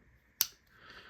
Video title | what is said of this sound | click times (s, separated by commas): 9 Rapid Reviews...In 20 Minutes! | and then it locks up but then it's very smooth here and then it just pops into place | 0.4 s